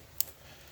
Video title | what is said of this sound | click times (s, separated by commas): JB4 Install in my M235i (F22, N55, RWD, Automatic) | clicks into place I don't if you can hurt the here's a click but did and same | 0.2 s